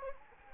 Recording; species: mosquito wingbeat signal from an infrared sensor; Anopheles gambiae